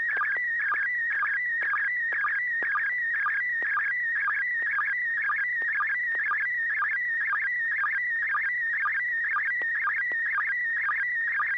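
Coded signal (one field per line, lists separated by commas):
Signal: SSTV (slow-scan television)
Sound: continuous warbling, chirping tone with steady rhythmic low blips, image scan lines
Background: low hum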